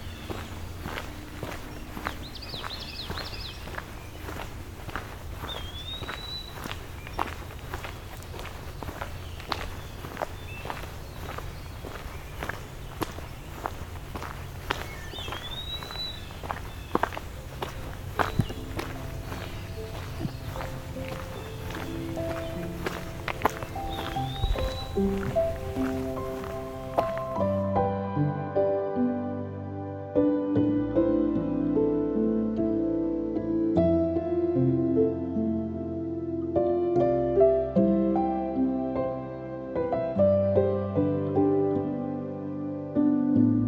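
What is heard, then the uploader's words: Footsteps crunch steadily along a trail in Dundas Valley's Carolinian forest, with a few short bird calls and a low rumble underneath. About halfway through, the outdoor sounds drop away and a slow melody of clear, sustained musical notes plays to the end. Today I’m in the Dundas Valley, just below the Niagara Escarpment in Hamilton Ontario, one of the largest remaining Carolinian Forests in the region.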